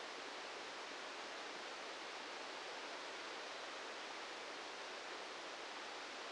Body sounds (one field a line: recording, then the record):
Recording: brain microelectrode recording played as sound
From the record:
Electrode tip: outside the subthalamic nucleus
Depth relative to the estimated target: -4 mm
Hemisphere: left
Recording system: NeuroSet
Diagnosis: Parkinson's disease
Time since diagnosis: 7 years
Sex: male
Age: 44 years